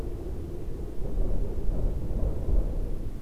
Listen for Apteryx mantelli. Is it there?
no